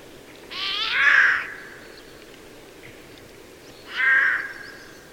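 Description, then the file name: Eurasian jay giving two rasping, hoarse screeches about three seconds apart, each lasting a second or less, over a quiet background. "Garrulus glandarius"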